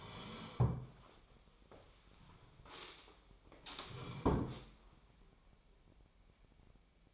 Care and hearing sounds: daily activity, microphone in the room; sit down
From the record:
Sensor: 1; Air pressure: 1015.2 hPa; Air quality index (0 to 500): 190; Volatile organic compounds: 19 ppm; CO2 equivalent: 2654 ppm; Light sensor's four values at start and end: 10/23/9/10 and 11/28/11/12

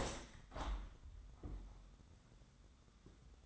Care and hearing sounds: daily activity, microphone in the room; open window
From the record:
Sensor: 3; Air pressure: 1006.6 hPa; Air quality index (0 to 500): 208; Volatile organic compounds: 19 ppm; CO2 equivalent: 2652 ppm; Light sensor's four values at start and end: 10/24/10/10 and 11/26/11/11

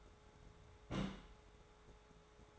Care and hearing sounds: daily activity, microphone in the room; place on stove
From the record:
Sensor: 3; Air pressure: 1010.2 hPa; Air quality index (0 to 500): 165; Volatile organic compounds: 9 ppm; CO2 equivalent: 2162 ppm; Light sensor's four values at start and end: 51/125/55/61 and 51/125/55/61

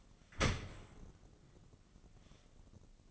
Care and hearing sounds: daily activity, microphone in the room; open dishwasher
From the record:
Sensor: 4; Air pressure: 1013.2 hPa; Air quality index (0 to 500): 171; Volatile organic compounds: 2 ppm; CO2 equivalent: 1078 ppm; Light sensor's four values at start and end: 78/194/80/82 and 78/193/80/82

